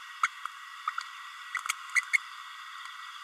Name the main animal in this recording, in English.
Green-rumped Parrotlet